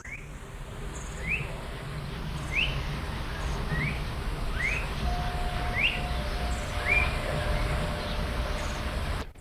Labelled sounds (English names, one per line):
Blue-faced Honeyeater call